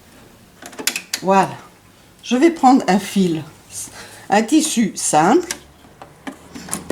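The clip on a Baby Lock Ovation overlock (serger) sewing machine, set for overcasting, is refitted after not being properly clipped, and it snaps into place with a sharp, loud click at 0.9 s. Someone then talks, and a few lighter clicks follow near the end.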